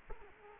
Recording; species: mosquito wingbeat signal from an infrared sensor; Culex quinquefasciatus